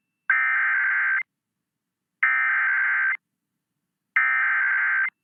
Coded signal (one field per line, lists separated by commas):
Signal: Emergency Alert System (SAME) tones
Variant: header bursts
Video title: Tornado Warning and Severe Thunderstorm Warning Double Header EAS From KRDQ-FM 6/20/26